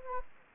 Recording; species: mosquito wingbeat signal from an infrared sensor; Anopheles gambiae